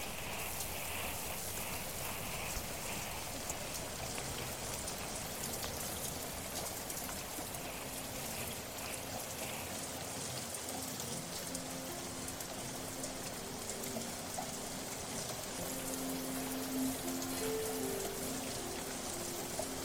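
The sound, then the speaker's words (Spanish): Steady rain falls without pause, a dense hiss of countless droplets pattering on a surface. A faint low tone hums underneath toward the end, and no one speaks. “Como las gotas de agua de un invierno”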